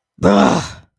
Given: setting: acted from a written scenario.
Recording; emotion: vocal sound without words; anger